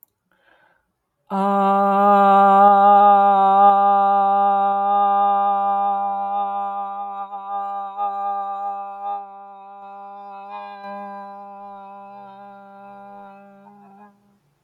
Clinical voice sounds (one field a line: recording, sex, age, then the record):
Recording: vowel held as long as possible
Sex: male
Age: 30 to 39 years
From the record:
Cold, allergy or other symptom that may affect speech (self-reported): no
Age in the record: 30 years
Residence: New York, United States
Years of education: 19